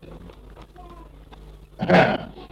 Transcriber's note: child making noises